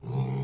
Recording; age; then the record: pig call; weaner (32 to 43 days)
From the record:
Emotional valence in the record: negative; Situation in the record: long isolation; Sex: female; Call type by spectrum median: low-frequency call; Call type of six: low-frequency stable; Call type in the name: low-frequency stable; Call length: 0.44 s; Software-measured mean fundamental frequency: 64 Hz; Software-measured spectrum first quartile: 132 Hz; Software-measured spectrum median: 179 Hz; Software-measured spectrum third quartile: 440 Hz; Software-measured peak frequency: 136 Hz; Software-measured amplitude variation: 124 dB a second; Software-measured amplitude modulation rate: 21.4 a second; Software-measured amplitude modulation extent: 5.8 dB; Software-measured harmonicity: -1.0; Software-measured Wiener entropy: -0.62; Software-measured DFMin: 1094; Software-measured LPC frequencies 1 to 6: 854, 2244, 3504, 4567, 5535, 6898 Hz